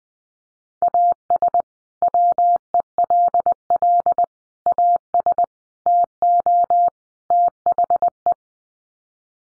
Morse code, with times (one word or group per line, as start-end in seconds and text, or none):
0.8-1.6 AS
2.0-4.2 WELL
4.7-5.4 AS
5.9-6.9 TO
7.3-8.3 THE